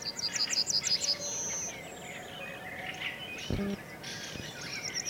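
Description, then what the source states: Yellowhammer song phrase: a quick run of bright repeated notes followed by a drawn-out high note, then mixed calls of other small birds. Singing very close to the microphones on a spring morning, about an hour before sunrise; song simple but strong; Swedes hear it counting its chicks.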